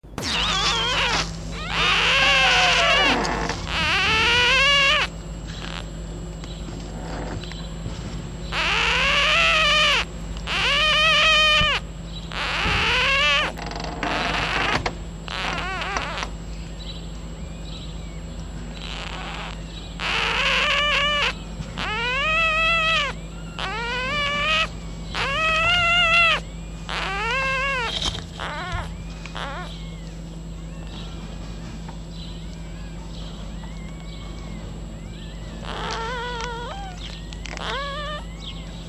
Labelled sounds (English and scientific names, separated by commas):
Red Fox (Vulpes vulpes)